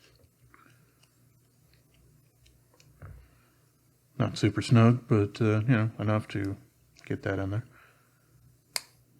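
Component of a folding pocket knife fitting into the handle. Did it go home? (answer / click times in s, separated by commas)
yes / 8.8 s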